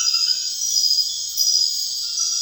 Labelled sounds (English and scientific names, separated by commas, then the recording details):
none
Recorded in secondary vegetation near Puerto Asís, Putumayo, Colombia, on 30 June 2025 at 22:00
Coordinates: 0.498, -76.327
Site GP09